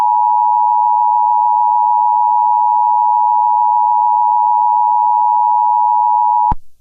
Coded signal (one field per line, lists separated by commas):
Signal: Emergency Alert System (SAME) tones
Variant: 853 and 960 Hz attention tone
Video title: The hole of D3ATH an EAS scenario